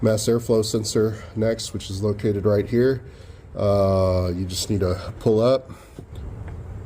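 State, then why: Released. A man talks while pulling up the locking tab on the plastic electrical connector of the mass airflow sensor on a 2015 Ram 3500 6.4 Hemi. A short, quiet click is heard at 6.5 s as the connector lock releases, ready for the connector to be pulled out.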